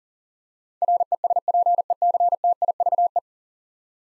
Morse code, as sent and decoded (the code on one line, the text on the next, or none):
.-. . ... .--. . -.-. - .. ...- .
RESPECTIVE